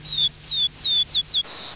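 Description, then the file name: Rufous-collared sparrow song: five clear, high whistled notes, each sliding downward, followed by a short buzzy trill at the end. "Chingolo"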